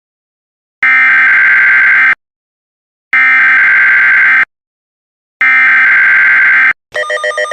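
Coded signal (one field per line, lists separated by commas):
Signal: Emergency Alert System (SAME) tones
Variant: header bursts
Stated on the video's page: Fictional EAS scenario, remastered version.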